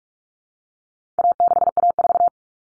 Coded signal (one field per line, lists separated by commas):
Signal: Morse code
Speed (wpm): 44 wpm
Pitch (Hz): 700 Hz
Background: none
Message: A6A4